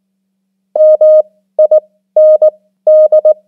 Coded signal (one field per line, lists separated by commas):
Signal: Morse code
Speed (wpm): 19 wpm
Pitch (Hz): 620 Hz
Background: none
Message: MIND